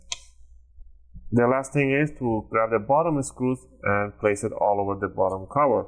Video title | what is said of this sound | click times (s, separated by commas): How to upgrade SSD HDD on Acer Aspire 5 A514-54-356A 💿 | and once you hear those clicks | 0.1 s